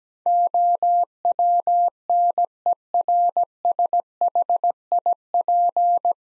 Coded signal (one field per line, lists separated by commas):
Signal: Morse code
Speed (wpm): 17 wpm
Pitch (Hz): 700 Hz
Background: none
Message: OWNERSHIP